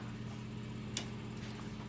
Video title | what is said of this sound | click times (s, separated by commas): Using Zig Zag Highlead Machine | hear it click then | 1.0 s